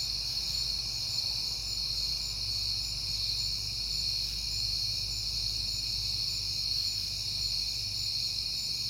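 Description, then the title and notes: Crickets in a dense, continuous chorus of steady high-pitched trilling with several overlapping layers, over a faint low rumble. Crickets recorded at night in September, on a peaceful night. "Night Time: Crickets and Passing Cars. It is September and I have been hearing the crickets a lot, but finally had a peaceful night to make the recording"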